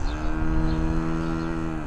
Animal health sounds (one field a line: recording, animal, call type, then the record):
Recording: contact call of a hoofed animal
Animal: cattle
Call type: low-frequency (closed-mouth) or high-frequency (open-mouth) call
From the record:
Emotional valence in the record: negative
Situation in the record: full separation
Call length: 1.87 s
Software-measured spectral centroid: 1190 Hz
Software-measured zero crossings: 730 a second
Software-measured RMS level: -24 dBFS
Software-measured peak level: -11 dBFS